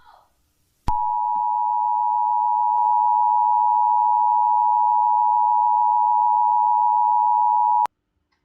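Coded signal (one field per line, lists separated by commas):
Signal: Emergency Alert System (SAME) tones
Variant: 853 and 960 Hz attention tone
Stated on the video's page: Mock EAS alert recreating the 2007 Greensburg EF5 tornado warning.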